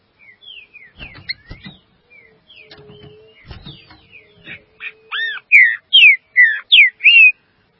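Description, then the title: Green-winged saltator: quiet twittering and clicks at first, then a crescendo of loud, slurred whistles in quick succession. "Trinca Ferro"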